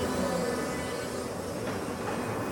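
A train bound for Potsdamer Straße rumbles into a station, a steady low roar with broad hissing noise above it, holding an even loudness throughout with no voices.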